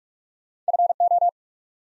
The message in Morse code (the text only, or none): FO